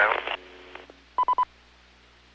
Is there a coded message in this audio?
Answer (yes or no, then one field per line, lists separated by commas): no